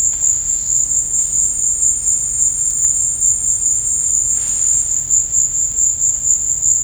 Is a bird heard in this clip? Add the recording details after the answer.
no. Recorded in dense forest near Puerto Asís, Putumayo, Colombia, on 26 December 2024 at 15:00. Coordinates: 0.481, -76.323. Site G100